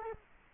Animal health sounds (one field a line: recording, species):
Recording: mosquito wingbeat signal from an infrared sensor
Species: Culex quinquefasciatus